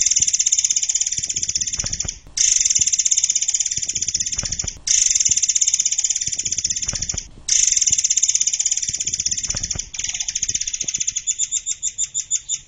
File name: burung murai air